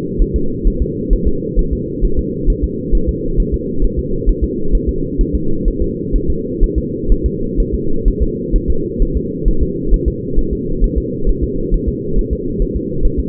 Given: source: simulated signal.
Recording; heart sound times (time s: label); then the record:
fetal heart sounds
0.22 s: S1
0.36 s: S2
0.67 s: S1
0.82 s: S2
1.13 s: S1
1.27 s: S2
1.59 s: S1
1.73 s: S2
2.05 s: S1
2.19 s: S2
2.50 s: S1
2.64 s: S2
2.95 s: S1
3.09 s: S2
3.40 s: S1
3.54 s: S2
3.84 s: S1
3.99 s: S2
4.29 s: S1
4.44 s: S2
4.75 s: S1
4.89 s: S2
5.21 s: S1
5.35 s: S2
5.68 s: S1
5.82 s: S2
6.16 s: S1
6.30 s: S2
6.64 s: S1
6.78 s: S2
7.12 s: S1
7.26 s: S2
7.60 s: S1
7.74 s: S2
8.08 s: S1
8.22 s: S2
8.56 s: S1
8.70 s: S2
9.02 s: S1
9.17 s: S2
9.48 s: S1
9.63 s: S2
9.94 s: S1
10.08 s: S2
10.39 s: S1
10.53 s: S2
10.84 s: S1
10.98 s: S2
11.29 s: S1
11.44 s: S2
11.74 s: S1
11.89 s: S2
12.19 s: S1
12.33 s: S2
12.62 s: S1
12.77 s: S2
13.05 s: S1
13.19 s: S2
From the record:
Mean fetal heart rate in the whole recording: 130 bpm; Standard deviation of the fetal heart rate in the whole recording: 4 bpm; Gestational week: 38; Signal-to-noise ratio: -8.1 dB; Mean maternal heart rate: 72 bpm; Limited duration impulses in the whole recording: absent